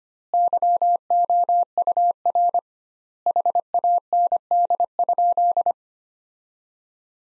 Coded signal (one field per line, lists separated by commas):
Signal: Morse code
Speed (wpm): 25 wpm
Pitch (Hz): 700 Hz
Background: none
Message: YOUR HAND?